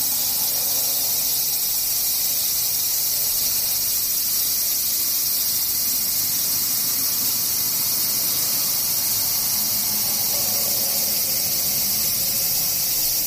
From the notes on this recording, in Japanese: セミ